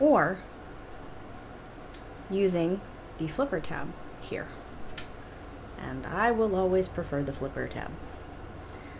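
Someone talks while a folding knife's blade is flipped open using its flipper tab. A sharp click at 5.0 s marks the blade locking open in its handle, held by the button (plunge) lock mechanism.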